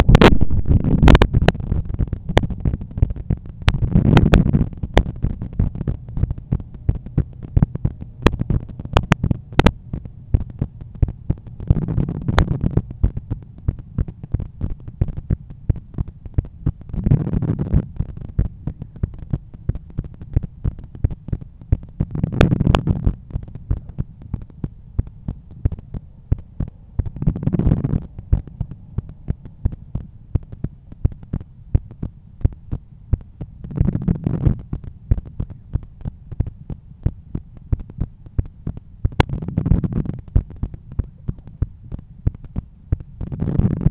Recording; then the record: heart sounds by stethoscope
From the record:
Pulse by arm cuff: 90 bpm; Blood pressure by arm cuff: 131/86 mmHg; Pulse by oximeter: 91 bpm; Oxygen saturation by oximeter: 95%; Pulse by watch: 91 bpm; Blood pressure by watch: 127/81 mmHg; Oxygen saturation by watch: 97%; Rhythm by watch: sinus rhythm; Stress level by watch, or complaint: low stress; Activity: after 5 min smoking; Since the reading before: plus 1000 steps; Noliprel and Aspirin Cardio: after pills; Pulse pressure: 45 mmHg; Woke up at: 7:20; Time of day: 9:22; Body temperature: 36.4 C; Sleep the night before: 8 h 11 min, score 61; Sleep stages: REM 22%, light 68%, deep 3%, awake 7%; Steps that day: 9500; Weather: sunny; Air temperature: 18.9 C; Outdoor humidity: 80%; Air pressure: 1015 hPa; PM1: 10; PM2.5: 14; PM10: 15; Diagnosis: hypertension, treated with Noliprel and Aspirin Cardio 100 mg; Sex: male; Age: 53 years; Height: 174 cm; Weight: 81 kg